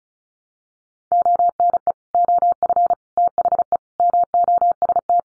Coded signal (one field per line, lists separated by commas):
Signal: Morse code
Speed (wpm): 34 wpm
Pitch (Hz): 700 Hz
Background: none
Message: ONE OF THE MOST